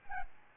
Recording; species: mosquito wingbeat signal from an infrared sensor; Aedes albopictus